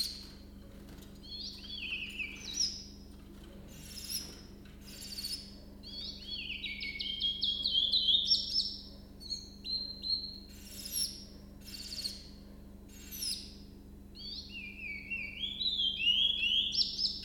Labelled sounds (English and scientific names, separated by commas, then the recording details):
Willow Warbler (Phylloscopus trochilus)
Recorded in captivity
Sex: male
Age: adult
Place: Zoologisches Institut Universität Tübingen, Baden-Württemberg, DE
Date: 1965-05-20 06:25
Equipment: Nagra III PH, kleiner englischer Parabolspiegel, LGS26
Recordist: Schneider, Hans-Joachim
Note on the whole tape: Gesang. Männchen rechts rot/grün - links grün, geschlüpft am 20.05.1964 am Spitzberg. (von diesem Tier existieren auch Jugendaufnahmen). Aufnahme in einem separaten Raum mit kleinem englischen Parabolspiegel